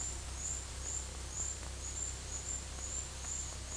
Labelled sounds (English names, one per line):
none